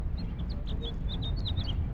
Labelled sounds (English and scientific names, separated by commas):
House Finch (Haemorhous mexicanus) song